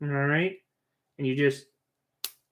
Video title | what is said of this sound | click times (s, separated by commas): Live Stream Building Custom Lego Minifigs | snap it into place I don't know if you guys heard that snapping sound but there we go | 2.2 s